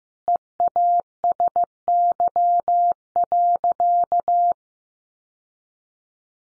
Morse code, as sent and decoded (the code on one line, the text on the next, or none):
. .- ... -.-- .-.-.-
EASY.